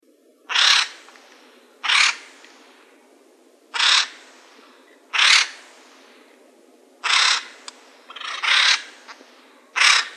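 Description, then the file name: Acorn woodpecker giving several harsh, raspy calls, repeated roughly every one to two seconds, over a steady background hiss. Calls recorded in Arizona. "ACWO CALLS deviche"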